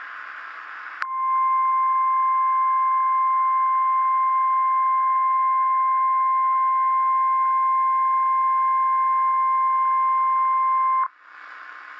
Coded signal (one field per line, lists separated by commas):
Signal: Emergency Alert System (SAME) tones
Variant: 1050 Hz attention tone